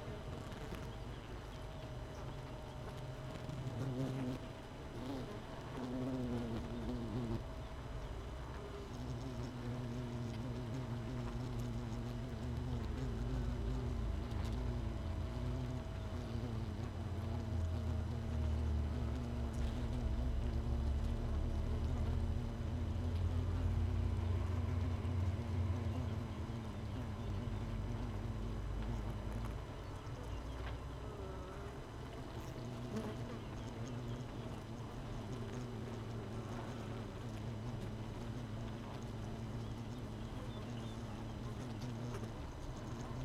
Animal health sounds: honeybee colony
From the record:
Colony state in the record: missing queen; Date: 31 May 2018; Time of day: 6:41

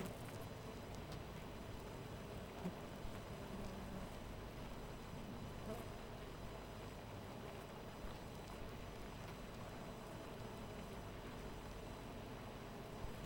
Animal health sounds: honeybee colony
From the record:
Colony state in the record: missing queen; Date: 14 July 2017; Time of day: 4:31

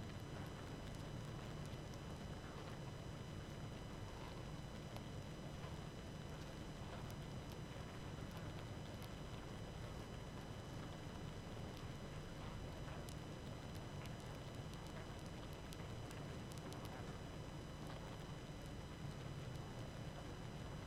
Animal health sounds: honeybee colony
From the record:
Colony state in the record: active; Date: 12 June 2018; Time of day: 20:55

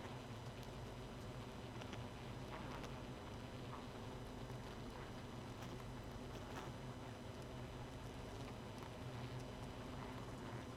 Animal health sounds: honeybee colony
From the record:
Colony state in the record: missing queen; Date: 31 May 2018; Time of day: 1:22

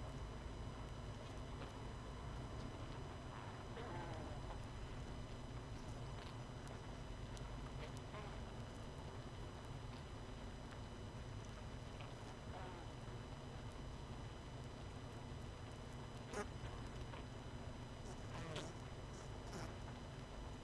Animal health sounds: honeybee colony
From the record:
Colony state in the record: missing queen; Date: 31 May 2018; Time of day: 21:15

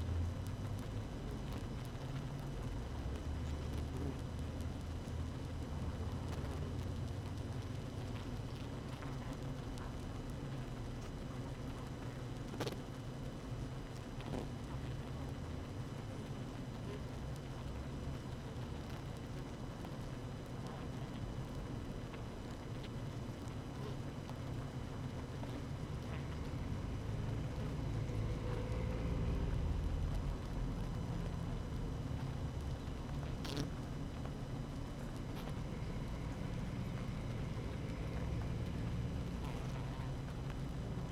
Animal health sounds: honeybee colony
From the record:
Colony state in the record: active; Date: 12 June 2018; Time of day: 6:48

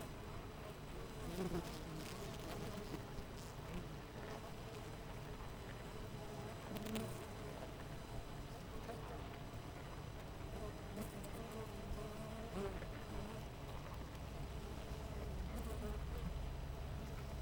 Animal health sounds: honeybee colony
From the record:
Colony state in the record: missing queen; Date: 14 July 2017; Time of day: 6:28

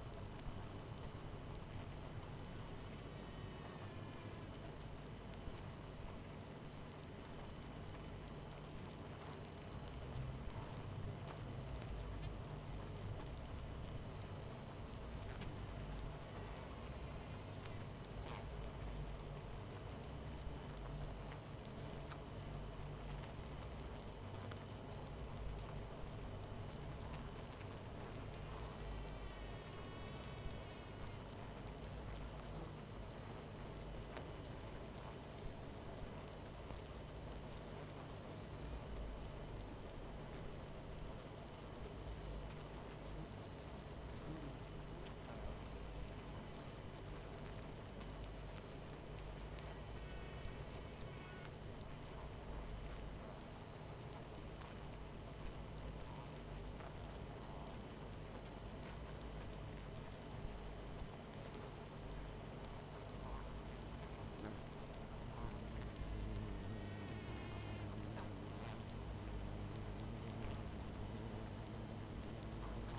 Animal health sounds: honeybee colony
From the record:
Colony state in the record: missing queen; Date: 14 July 2017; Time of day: 23:24

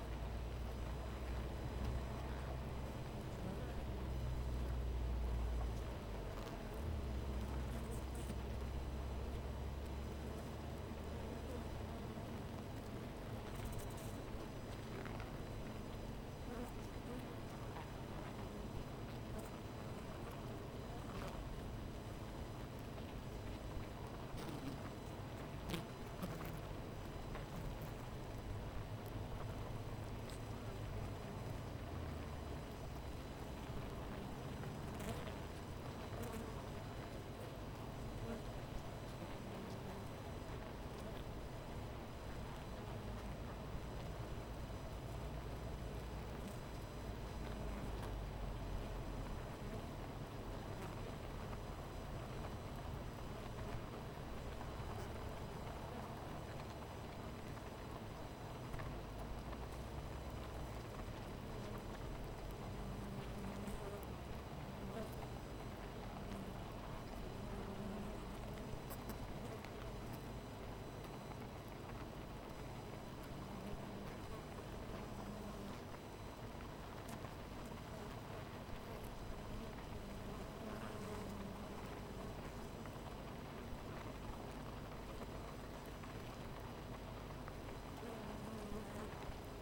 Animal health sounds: honeybee colony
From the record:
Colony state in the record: missing queen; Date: 14 July 2017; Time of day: 13:10

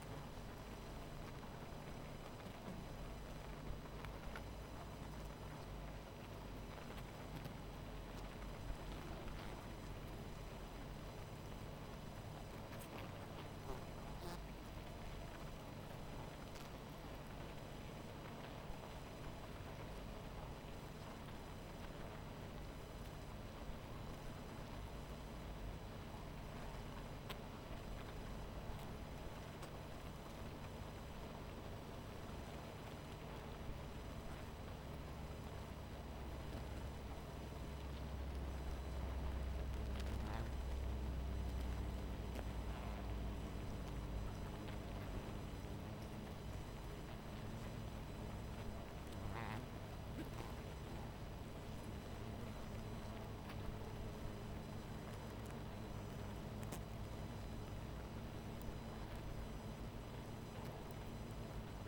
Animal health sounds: honeybee colony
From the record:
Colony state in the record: missing queen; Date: 14 July 2017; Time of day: 19:16

